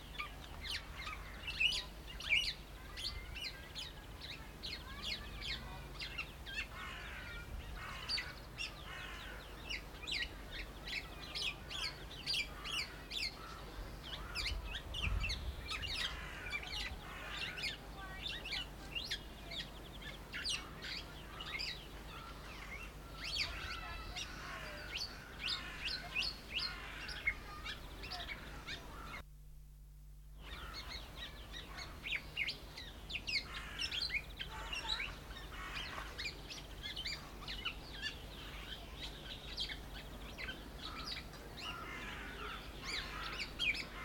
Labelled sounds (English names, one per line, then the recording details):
Black-naped Oriole
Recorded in captivity
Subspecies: celebensis
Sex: male
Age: adult
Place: Zoo Berlin, Berlin, DE
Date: 1995-04-01 12:20
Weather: bedeckt - heiter, 6 - 8 °C, böiger Wind
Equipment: Marantz CP 430, Sennheiser ME 80, Kopie Uher Variocord 263
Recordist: Tembrock, Günter